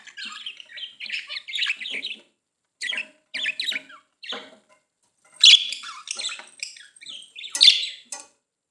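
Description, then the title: Budgerigar chatter: bursts of scratchy warbling and chirps, with sharp louder squawks near the end. "Budgie Sounds"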